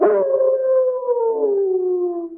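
Dog giving one sustained howl that starts harsh, then settles into a smooth tone slowly falling in pitch.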